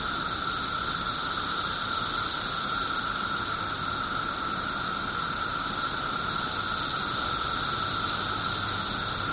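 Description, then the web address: Many periodical cicadas drone together in an unbroken, high, hissing buzz with a steady whining pitch. 17-year periodical cicadas recorded 18 June 2007 at 1:00 pm. "cicadas 6 18 07 1 ' 00 pm. 17 yrcicada"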